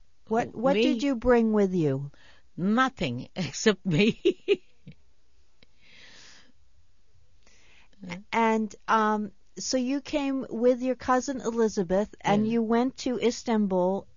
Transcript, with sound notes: What did you bring with you?
Nothing, except me. ( she laughs )
And so you came with your cousin Elizabeth, and you went to Istanbul.